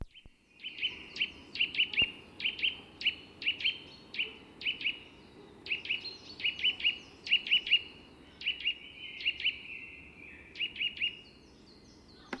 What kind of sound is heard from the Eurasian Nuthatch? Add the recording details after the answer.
call. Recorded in the wild. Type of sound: call. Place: Kaiserslautern, Rheinland-Pfalz, DE. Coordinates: 49.26, 7.45. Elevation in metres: 206. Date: 1977-03-08. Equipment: Nagra IV, Sennheiser MKH 405, Parabolreflektor. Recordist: Tretzel, Erwin. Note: Höhe Stelzenberg, Fuchsenholz, Distr. X, 2a. Kleiber "twi-twi"-Serie